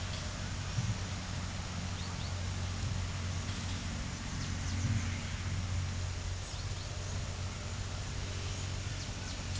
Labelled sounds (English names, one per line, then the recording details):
none
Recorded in pastures near Puerto Asís, Putumayo, Colombia, on 21 March 2025 at 14:30
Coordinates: 0.497, -76.327
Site G072